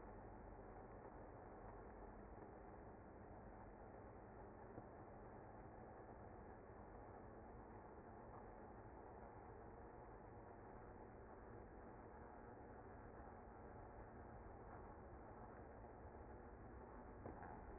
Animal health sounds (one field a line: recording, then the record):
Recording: honeybee colony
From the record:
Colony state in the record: active